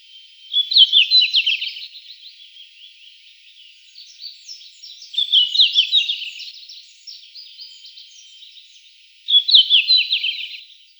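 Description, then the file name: Red-flanked bluetail song, brief high warbling phrases repeated every four to five seconds over a faint continuous twittering background. "Sinehvostka"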